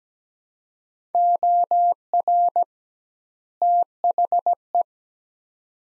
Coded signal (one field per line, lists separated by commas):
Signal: Morse code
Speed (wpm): 17 wpm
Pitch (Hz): 700 Hz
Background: none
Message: OR THE